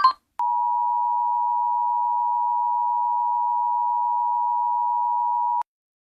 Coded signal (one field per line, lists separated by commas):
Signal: Emergency Alert System (SAME) tones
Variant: 853 and 960 Hz attention tone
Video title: The Syndicate (EAS Scenario)